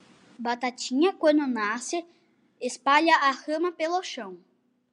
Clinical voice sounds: short text; Brazilian Portuguese; male; 40 to 49 years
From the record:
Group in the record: control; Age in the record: 45 years

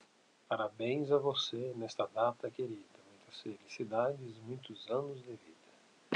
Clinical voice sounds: short text; Brazilian Portuguese; male; 40 to 49 years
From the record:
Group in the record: control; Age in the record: 46 years

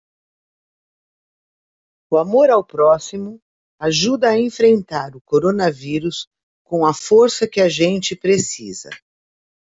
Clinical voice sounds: spoken sentence; Brazilian Portuguese; female; 60 to 69 years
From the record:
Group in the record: control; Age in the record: 60 years

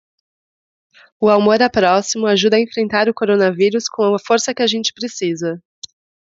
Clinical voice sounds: spoken sentence; Brazilian Portuguese; female; 30 to 39 years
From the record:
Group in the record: control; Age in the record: 33 years

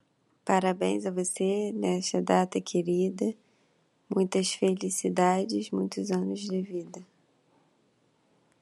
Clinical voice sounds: short text; Brazilian Portuguese; female; 30 to 39 years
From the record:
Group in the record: control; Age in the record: 34 years

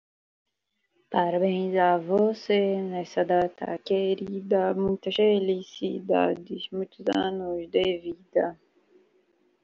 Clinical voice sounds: short text; Brazilian Portuguese; female; 20 to 29 years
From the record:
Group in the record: control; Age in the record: 25 years

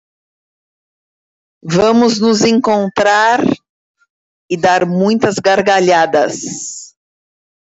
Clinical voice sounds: short text; Brazilian Portuguese; female; 40 to 49 years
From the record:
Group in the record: control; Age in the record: 43 years

